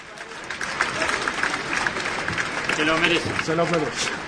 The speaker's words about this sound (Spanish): Si hoy se cerró el arco uruguayo, si hoy no pudo entrar ninguna pelota de Francia y ser un gol, es gracias a Muslera, lo cual pedimos un aplauso acá de los, bueno, de los amigos, por favor.